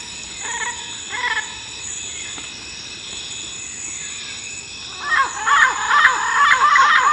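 Bird calls: two short harsh notes early, then a rapid run of loud, downward-slurred notes near the end, with a steady high hum behind.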